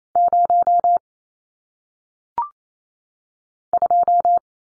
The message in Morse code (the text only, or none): 0 2